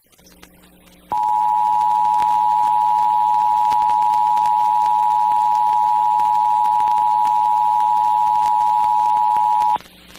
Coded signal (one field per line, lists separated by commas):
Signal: Emergency Alert System (SAME) tones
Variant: 853 and 960 Hz attention tone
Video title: (EAS #55) (WLKP-FM) Required Monthly Test For Ohio (2/14/2024)